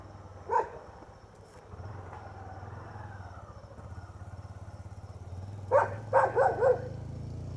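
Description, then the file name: Dog gives one bark, then a motor engine hums and drones; a quick burst of four barks follows near the end. Several dogs barking, first far then near, at night, with crickets and a passing motorbike. "Cachorros latindo longe e depois perto a noite com grilo e passa uma moto"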